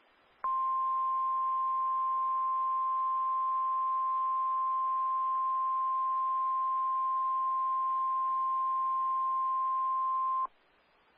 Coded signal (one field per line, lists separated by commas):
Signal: Emergency Alert System (SAME) tones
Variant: 1050 Hz attention tone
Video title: EAS 170 - Flash Flood Warning in Oklahoma